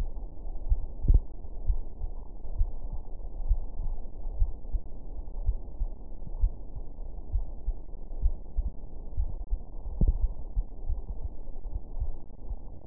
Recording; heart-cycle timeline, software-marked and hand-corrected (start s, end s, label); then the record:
heart sounds
0.00	1.65	noise
1.65	1.74	S1
1.74	1.98	systole
1.98	2.07	S2
2.07	2.54	diastole
2.54	2.67	S1
2.67	2.91	systole
2.91	3.00	S2
3.00	3.47	diastole
3.47	3.55	S1
3.55	3.83	systole
3.83	3.92	S2
3.92	4.36	diastole
4.36	4.46	S1
4.46	4.69	systole
4.69	4.77	S2
4.77	5.44	diastole
5.44	5.56	S1
5.56	5.76	systole
5.76	5.89	S2
5.89	6.41	diastole
6.41	6.49	S1
6.49	6.71	systole
6.71	6.79	S2
6.79	7.29	diastole
7.29	7.38	S1
7.38	7.65	systole
7.65	7.74	S2
7.74	8.22	diastole
8.22	8.30	S1
8.30	8.56	systole
8.56	8.65	S2
8.65	9.16	diastole
9.16	9.27	S1
9.27	9.50	systole
9.50	9.60	S2
9.60	10.00	diastole
10.00	10.14	S1
10.14	10.35	systole
10.35	10.42	S2
10.42	10.86	diastole
10.86	10.97	S1
10.97	11.15	systole
11.15	11.26	S2
11.26	11.68	diastole
11.68	11.78	S1
11.78	11.99	systole
11.99	12.13	S2
12.13	12.45	diastole
12.45	12.56	S1
12.56	12.87	systole
From the record:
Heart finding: coronary artery disease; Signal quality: good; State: rest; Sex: female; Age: 71 years